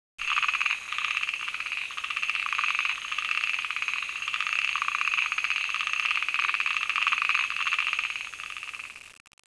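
Frog calling: a continuous rapid trilled call with pulsed, buzzy tone, steady for about nine seconds before stopping.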